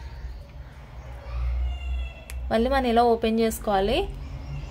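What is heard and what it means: The earring lock clasp on a gold earring is handled while it is opened, with faint handling noise and a brief sharp tick around 2.3 s before someone talks. The clip ends just before the lock goes home, so nothing has seated or clicked yet.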